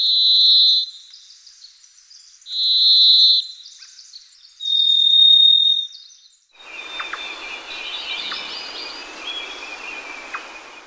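Varied thrush song: three long, buzzy whistled tones about two seconds apart, followed by hiss and faint other notes.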